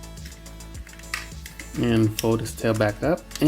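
The plastic leg of a 2021 Transformers Studio Series 86 Grimlock & Wheelie action figure is opened and plugged back into its body socket, with music in the background. Several small plastic clicks are heard, the loudest at 1.1 s, as the leg seats in place. Someone then talks.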